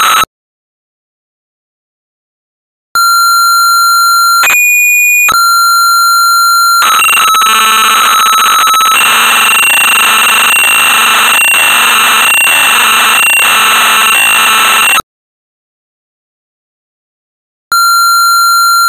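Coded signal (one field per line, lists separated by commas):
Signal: computer data on cassette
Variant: Amstrad CPC 464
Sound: steady pilot tone, short higher tone, then eight seconds of harsh buzzing data, pause, tone resumes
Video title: Sabre Wulf (1985) - Amstrad CPC 464 (Full Tape Rip / Cassette Load)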